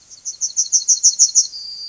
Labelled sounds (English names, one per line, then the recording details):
Yellowhammer song
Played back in grassland
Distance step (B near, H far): B
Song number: 037